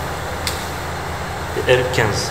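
A torque wrench tightens the engine oil drain plug on a Husqvarna Svartpilen 401 motorcycle, set to the maker's value of 12 Nm for one plug and 15 Nm for the other. It gives one sharp click at 0.5 s, confirming the plug has reached its setting. Someone talks over a steady low hum.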